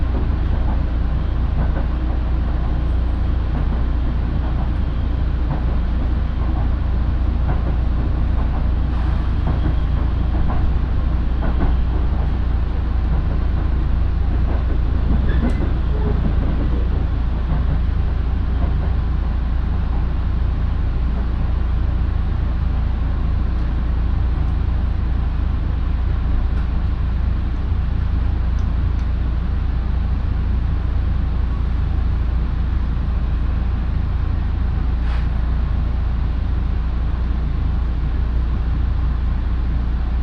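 A local train on the Minobu Line running from Shibakawa toward Minobu, heard as a steady, dense low rumble throughout. Faint rhythmic clicks and clatters surface now and then, with a brief sharper squeal around fifteen seconds and a short tick near thirty-five.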